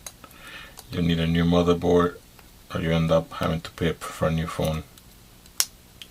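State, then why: Seated. While reassembling a water-damaged Galaxy S3 phone, a flex ribbon cable connector is pressed onto its motherboard socket. Someone talks, then a sharp snap at 5.6 s shows the connector has seated in place.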